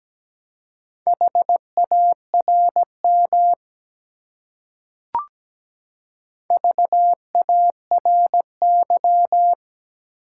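Morse code beeps at a steady mid pitch, a burst of quick dots and longer dashes for about two and a half seconds, then silence. A single short click sounds near the middle, and the same pattern of tones repeats over the final three seconds.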